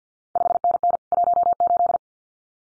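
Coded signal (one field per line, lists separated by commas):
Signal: Morse code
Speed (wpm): 50 wpm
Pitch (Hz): 700 Hz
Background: none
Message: 5NN 18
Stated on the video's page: Randomly selected CQ World Wide contest exchanges sent at 50 wpm for head-copy practice, each sent in Morse, then spoken, then sent again.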